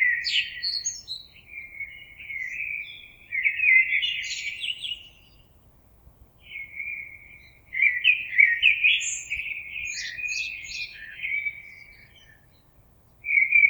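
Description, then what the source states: Common blackbird song: relaxed melodious phrases with some thin high-pitched twitters, separated by pauses. Recorded 26 April 2022.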